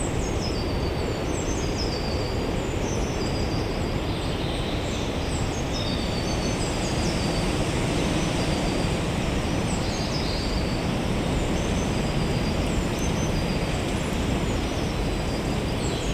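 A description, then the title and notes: A woodland soundscape in Limbrick Woods, filled with a steady, dense low rumble like far-off traffic that never lets up. Over it, birds chirp and trill in short, high bursts throughout, with clusters of calls around the middle and near the end. This is a soundscape of Limbrick Woods - a beautiful woodland opposite the library and Jardine Crescent, recorded as part of the Tile Hill Pride of Place project.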